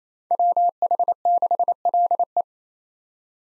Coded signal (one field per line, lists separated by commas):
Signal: Morse code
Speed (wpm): 29 wpm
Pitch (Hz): 700 Hz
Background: none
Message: WH6LE